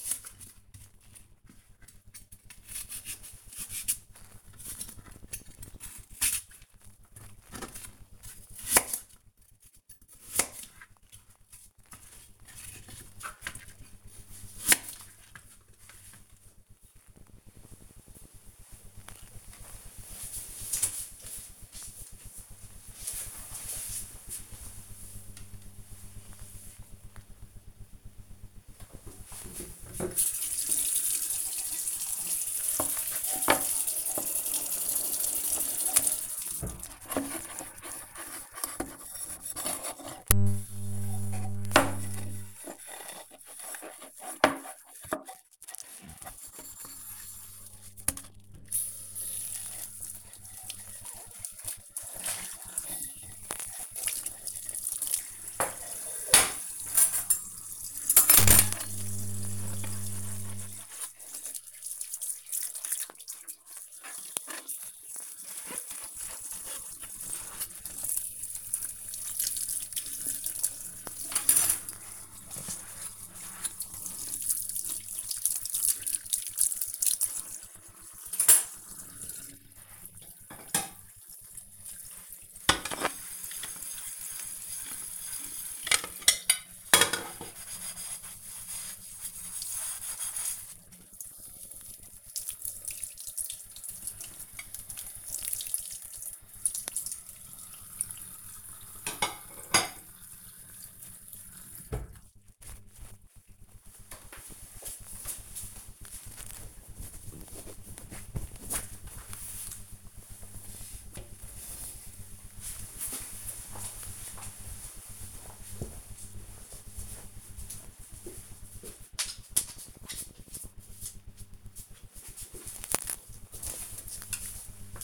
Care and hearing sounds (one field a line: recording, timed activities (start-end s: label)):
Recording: household activities, microphone on the right wrist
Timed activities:
0.00-14.74 s: cutting vegetables
26.80-102.29 s: washing dishes